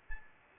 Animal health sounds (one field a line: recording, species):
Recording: mosquito wingbeat signal from an infrared sensor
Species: Aedes albopictus